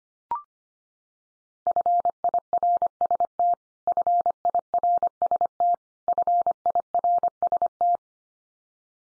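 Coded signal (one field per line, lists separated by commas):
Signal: Morse code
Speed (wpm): 25 wpm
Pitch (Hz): 700 Hz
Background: none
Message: FIRST FIRST FIRST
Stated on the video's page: Morse code practice of the 100 most common English words at 25 wpm, each word sent three times, then spoken, then sent again.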